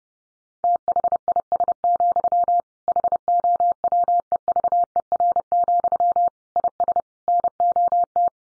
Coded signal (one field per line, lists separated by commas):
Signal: Morse code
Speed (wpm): 30 wpm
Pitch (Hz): 700 Hz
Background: none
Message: THIS, HOWEVER, IS NOT